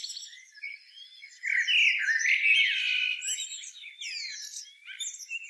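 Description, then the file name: Eurasian blackbird song, a loud rich warbled phrase starting after a second and a half, mixed with squeaky high notes and faint twittering. "Turdus merula"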